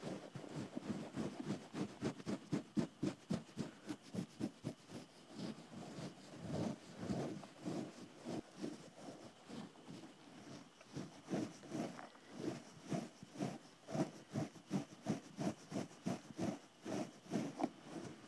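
Ear cleaning in a shop: rapid, dense scratching and rustling strokes repeat several times a second for the whole clip, soft and low. The pace surges and eases slightly, and a faint, steady high hum of insects sits underneath.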